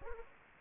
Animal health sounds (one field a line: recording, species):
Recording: mosquito wingbeat signal from an infrared sensor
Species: Anopheles gambiae